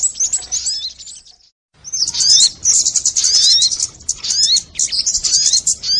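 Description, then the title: Crimson sunbird song, a brief high twitter, a short pause, then a long run of rapid shrill chirps and sweeping squeaky notes. Song in the "labaik" style, used for training (masteran). "Masteran Burung Sogok Ontong Labaik"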